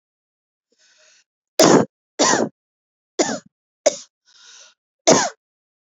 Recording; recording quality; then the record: heavy voluntary cough; excellent, no background noise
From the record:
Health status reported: healthy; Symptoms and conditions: none ticked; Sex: female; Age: 42 years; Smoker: not ticked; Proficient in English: yes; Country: India